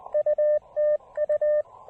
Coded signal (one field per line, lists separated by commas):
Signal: Morse code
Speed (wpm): 20 wpm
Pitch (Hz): 590 Hz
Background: radio noise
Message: UTU